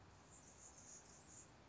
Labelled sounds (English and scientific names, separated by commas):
Anna's Hummingbird (Calypte anna)